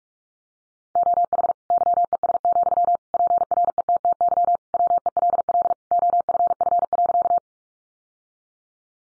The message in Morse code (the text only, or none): OH YES, PRETTY WELL OFF.